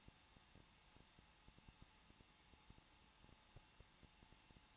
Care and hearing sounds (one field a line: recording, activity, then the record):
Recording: daily activity, microphone in the room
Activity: no activity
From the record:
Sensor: 1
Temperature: 20.1 degrees Celsius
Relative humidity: 39.4%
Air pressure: 1006.4 hPa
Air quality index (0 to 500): 220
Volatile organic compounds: 83 ppm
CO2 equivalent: 3630 ppm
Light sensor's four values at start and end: 1/2/1/1 and 1/2/1/1